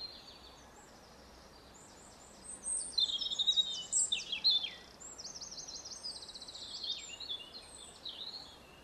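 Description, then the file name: European robin delivering a long, high-pitched phrase of fluty whistles followed by thin, rapid trilled notes, falling slightly quieter toward the end. "Erithacus rubecula"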